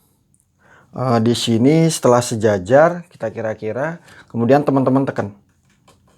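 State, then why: Not seated. A bolt is lined up on the plywood board of a T-shirt screen-printing pallet and pressed down into the plywood while someone talks throughout. Only a couple of faint ticks are heard near the start, and nothing has seated yet.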